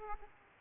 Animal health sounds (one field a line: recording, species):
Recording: mosquito wingbeat signal from an infrared sensor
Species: Aedes aegypti